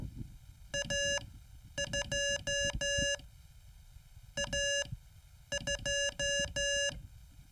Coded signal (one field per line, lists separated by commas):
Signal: Morse code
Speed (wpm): 14 wpm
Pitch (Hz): 1700 Hz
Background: none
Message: A2 A2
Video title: Learn Morse: Homework 5